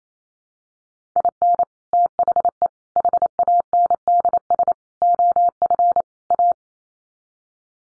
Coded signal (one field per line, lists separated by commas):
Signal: Morse code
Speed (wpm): 28 wpm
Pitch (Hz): 700 Hz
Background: none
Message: IN THE HANDS OF A